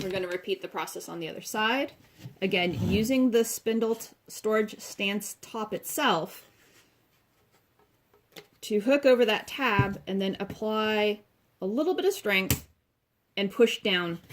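Someone talks while the top of a Spanish Peacock spindle storage stand is hooked over the tab on the second side panel, in preparation for pushing it down to lock it in place. A few faint handling knocks come around 7.8 to 8.4 seconds during a pause in the talking. Nothing has seated or clicked yet; this is only the positioning before the press.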